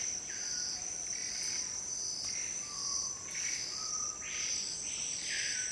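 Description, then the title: Screaming piha giving several faint sweeping whistled calls under a constant shrill, high insect chorus. Amazon rainforest. "Iconic Sound Of The Amazon Rainforest - Screaming pihas"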